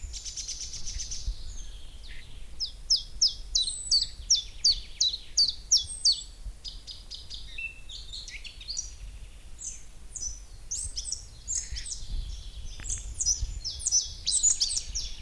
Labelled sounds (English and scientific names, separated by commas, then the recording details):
Common Chiffchaff (Phylloscopus collybita)
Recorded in the wild
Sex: male
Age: adult
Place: Müggelsee, Berlin, DE
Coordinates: 52.43, 13.64
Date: 1990-04-29
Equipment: Uher 4400 Report Monitor, Sennheiser ME 80, K 30 AV
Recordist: Fischer, Stefan